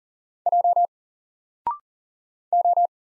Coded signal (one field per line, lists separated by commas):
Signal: Morse code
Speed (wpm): 40 wpm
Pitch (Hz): 700 Hz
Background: none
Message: J O